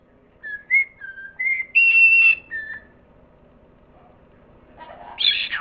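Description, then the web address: Parrot whistling several short clear notes at varied pitches, including a longer higher whistle, then after a pause a brief harsh squawk at the end. "cri de perroquet"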